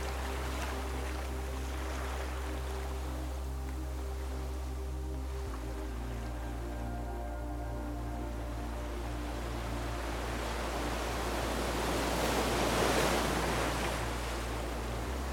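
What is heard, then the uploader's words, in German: Gentle waves wash in a soft, steady hiss, swelling near twelve seconds, over a low sustained drone whose pitch shifts around five seconds. Beruhigende WELLEN und Meditative MUSIK. Die meditative Musik, sorgfältig komponiert, begleitet die natürlichen Klänge.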